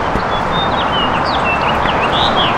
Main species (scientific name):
Haemorhous mexicanus